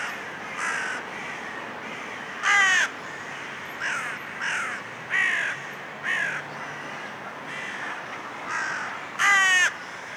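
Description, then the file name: Carrion crow cawing, harsh raspy caws given singly at irregular intervals over steady background hiss. "Corvus corone"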